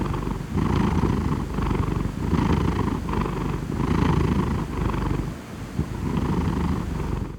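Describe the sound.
Cat purring steadily, a low rumbling drone pulsing with each breath, with a brief dip near the end.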